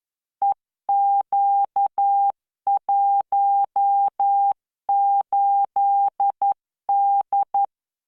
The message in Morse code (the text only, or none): EQ18D